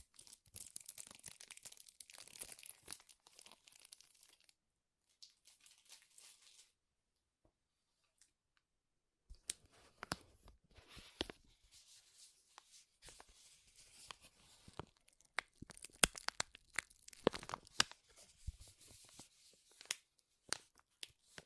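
Dense crinkling of material, bright and crackly, comes in bursts: a busy stretch over the first three seconds, sparse faint rustles through the middle with near silence around seven to nine seconds, then heavier, louder crinkling with sharp snaps from ten seconds to the end.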